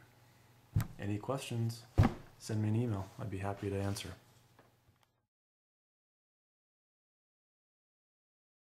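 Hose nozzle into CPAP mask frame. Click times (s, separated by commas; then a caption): 0.8 s. A plastic hose nozzle elbow is pushed back onto the frame of a Fisher & Paykel Zest nasal CPAP mask and clicks into place at about 0.8 s, seating it. Someone then talks, and the clip ends in silence after about 5 seconds.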